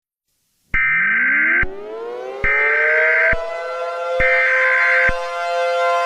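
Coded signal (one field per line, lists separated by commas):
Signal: Emergency Alert System (SAME) tones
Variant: header bursts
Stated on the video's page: Fictional EAS scenario, a simulated alert rather than a real broadcast.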